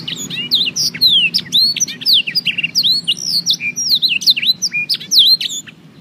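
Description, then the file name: Canary song of quick, high swooping whistles and sharp chirps, strung tightly together and easing off at the end, over a faint low hum. Canary singing in the full blackthroat style, with black-throated canary song used as the tutoring model. "audio kenari new obelix jr full blackthroat omkicau"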